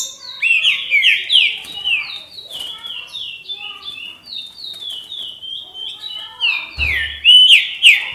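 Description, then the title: Green-winged saltator delivers a rapid stream of slurred whistled notes with high chips, plus a brief low thump late on. "Trinca Ferro"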